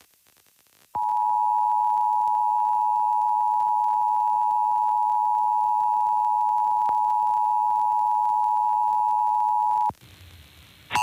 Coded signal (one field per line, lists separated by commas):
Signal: Emergency Alert System (SAME) tones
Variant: 853 and 960 Hz attention tone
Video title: Pennsylvania Required Monthly Tests (11/17/22)(EAS 1272-1281)